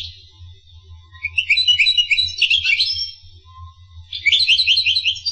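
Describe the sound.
Finch song, quick high chirping notes building into a twittering phrase, a brief lull, then another run of sharp chirps, over a low steady hum.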